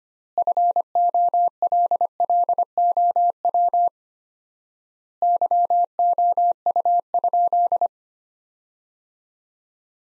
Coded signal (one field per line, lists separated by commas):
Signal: Morse code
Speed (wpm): 25 wpm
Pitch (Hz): 700 Hz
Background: none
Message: FOLLOW YOU?